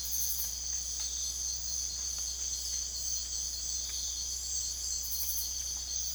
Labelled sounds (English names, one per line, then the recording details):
none
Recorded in secondary vegetation near Puerto Asís, Putumayo, Colombia, on 20 December 2024 at 05:00
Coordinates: 0.488, -76.319
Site GP04